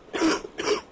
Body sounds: coughing mixed with background sound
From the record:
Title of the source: 31 night wet cough

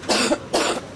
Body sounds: coughing mixed with background sound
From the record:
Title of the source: 61 morning phlegmy cough...again

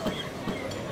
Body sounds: coughing mixed with background sound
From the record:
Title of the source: Spring Allergy Coughing

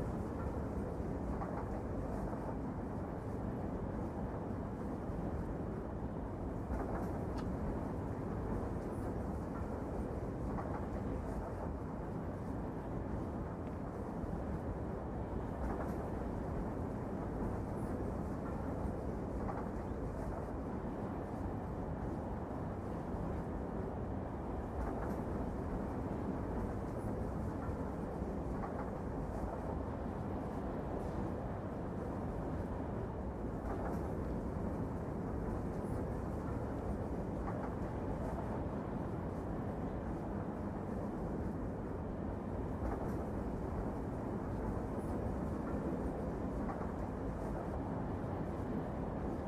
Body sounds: background sound without coughing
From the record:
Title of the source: Train Ride Ambience ambient white noise for sleeping, focus, studying, reading

